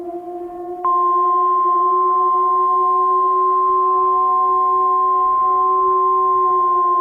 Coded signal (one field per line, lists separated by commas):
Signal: Emergency Alert System (SAME) tones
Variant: 1050 Hz attention tone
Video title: Eas scenario #4 - When day breaks.